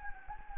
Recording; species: mosquito wingbeat signal from an infrared sensor; Anopheles gambiae